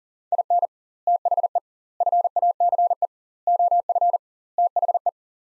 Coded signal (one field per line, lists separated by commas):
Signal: Morse code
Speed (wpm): 37 wpm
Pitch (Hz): 700 Hz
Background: none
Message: IN THE FACE OF THE